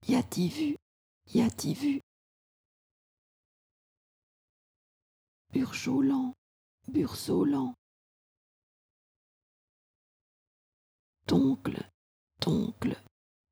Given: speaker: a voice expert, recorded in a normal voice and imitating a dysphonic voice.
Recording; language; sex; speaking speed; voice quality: pseudo-word pairs; French; female; normal speed; dysphonic voice